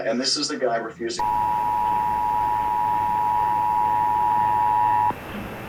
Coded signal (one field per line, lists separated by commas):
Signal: Emergency Alert System (SAME) tones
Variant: 853 and 960 Hz attention tone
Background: speech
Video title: Pennsylvania Required Monthly Tests (10/21/21)(EAS 959-964)